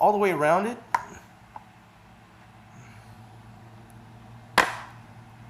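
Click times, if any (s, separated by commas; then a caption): 1.6 s, 4.6 s. A sealed plastic waterproof case for an iPhone 6s Plus is pried open around its edges, and the shell seams snap apart. Someone talks at the start. A small snap comes at 1.6 s and a loud, sharp crack at 4.6 s as the case is released.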